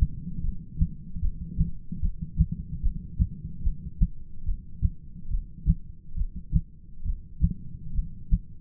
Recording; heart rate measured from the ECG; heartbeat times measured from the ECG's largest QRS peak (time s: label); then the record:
heart sounds by stethoscope; 72 bpm
0.42 s: heartbeat
1.21 s: heartbeat
2.01 s: heartbeat
2.82 s: heartbeat
3.63 s: heartbeat
4.45 s: heartbeat
5.30 s: heartbeat
6.16 s: heartbeat
7.05 s: heartbeat
7.94 s: heartbeat
From the record:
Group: heart failure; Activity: rest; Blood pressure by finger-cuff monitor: 141/99 mmHg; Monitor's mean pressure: 116 mmHg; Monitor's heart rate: 74 bpm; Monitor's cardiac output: 7.2 L/min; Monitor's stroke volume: 97 mL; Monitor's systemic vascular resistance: 1190 dyn s/cm5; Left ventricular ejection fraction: 25%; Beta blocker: metoprolol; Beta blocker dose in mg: 62.5 twice daily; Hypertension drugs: ramipril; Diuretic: furosemide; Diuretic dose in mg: 40 twice daily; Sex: male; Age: 57 years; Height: 180 cm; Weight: 90.5 kg